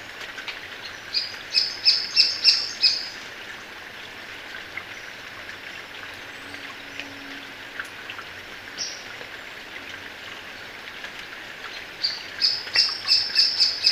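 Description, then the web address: Uniform treehunter calls, two bursts of rapid, sharp, harsh notes, each several notes long, separated by several seconds of quieter background. Ecuador. "S America Birds of Ecuador. Uniform Treehunter"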